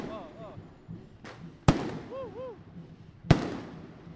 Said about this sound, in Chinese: 没有，像这种烟火啊，它如果没有爆炸的话就很危险，有没有？